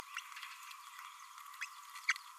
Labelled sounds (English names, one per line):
Green-rumped Parrotlet babbling